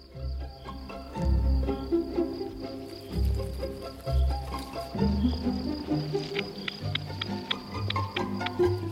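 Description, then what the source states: Hedgehog snuffling and huffing: low, irregular puffing bursts mixed with small clicks and rustles. Male hedgehog named Naki at a hedgehog care station.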